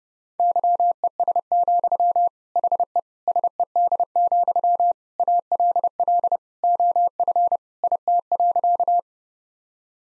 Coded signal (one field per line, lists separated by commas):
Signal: Morse code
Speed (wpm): 30 wpm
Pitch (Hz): 700 Hz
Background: none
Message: YES, HE SED, ALL OF IT.